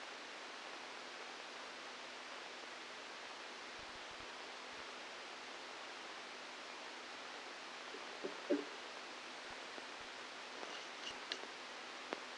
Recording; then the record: brain microelectrode recording played as sound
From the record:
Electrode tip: outside the subthalamic nucleus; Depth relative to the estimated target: 3 mm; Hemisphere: left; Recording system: NeuroSet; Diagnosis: Parkinson's disease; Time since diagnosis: 12 years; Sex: male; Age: 61 years